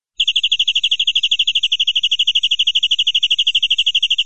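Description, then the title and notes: Canary delivering a steady, rapid roll of identical pulsed notes, continuing evenly throughout. Long-duration canary song, used as a tutor for training birds. "Kicauan Kenari Durasi Panjang. Masteran Burung Lengkap"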